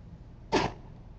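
A single sharp sneeze bursts out, a short, breathy, noisy blast with a brief voiced edge that fades quickly into quiet background hum.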